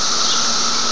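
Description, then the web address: Cicadas in a steady, unbroken high buzzing drone that holds at the same level throughout. Several cicadas, recorded on 23 May 2004. "fleur. cicadas 2 may 232004"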